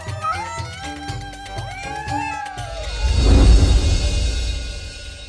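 Several cats meow over one another in high, wavering, rising-and-falling cries, followed by a louder, noisier rumbling swell in the final seconds.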